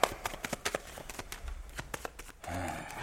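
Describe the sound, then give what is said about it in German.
Playing cards being shuffled before dealing in a card game: a quick, irregular run of crisp snapping flicks and taps for a couple of seconds, followed by a voice starting to speak at the end. “Du, es hat sich schon mal einer tot gemischt.”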